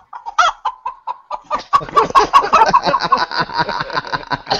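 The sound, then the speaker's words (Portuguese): Chicken clucking made by a plastic cup-and-string noisemaker: spaced, nasal clucks at first, then a rapid, louder burst of overlapping clucks and squawks, with no one speaking. “Eu já tive um copinho no YouTube aqui, um som de galinha.”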